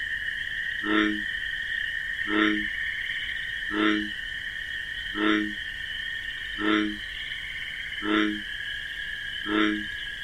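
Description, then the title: Bullfrog giving low, throaty croaks at a regular pace of roughly one every one and a half seconds, with continuous cricket trilling behind. Wetland at night among marsh grasses, bullfrog's deep 'jug-o-rum' call amid a continuous chorus of chirping crickets. "Bullfrog Sound. The Wondrous Wetlands"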